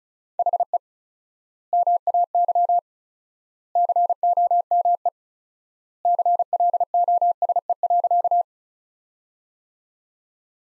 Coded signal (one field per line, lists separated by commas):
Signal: Morse code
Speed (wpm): 34 wpm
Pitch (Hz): 700 Hz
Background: none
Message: HE MAY COME CLOSE.